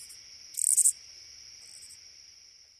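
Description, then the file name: Oblong-winged katydid making one loud, rasping, pulsed burst under half a second long, then a fainter burst, against a constant high-pitched drone. "Oblong-winged Katydid (Wild America)"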